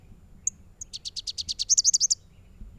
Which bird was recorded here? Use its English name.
Rufous-capped Warbler